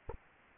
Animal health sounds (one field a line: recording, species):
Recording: mosquito wingbeat signal from an infrared sensor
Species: Anopheles arabiensis